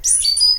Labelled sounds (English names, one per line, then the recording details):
Stitchbird song
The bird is a male
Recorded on Tiritiri Matangi Island, New Zealand, in 2005
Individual 12, of nest box 16